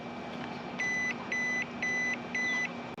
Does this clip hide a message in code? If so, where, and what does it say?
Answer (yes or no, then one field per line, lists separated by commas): no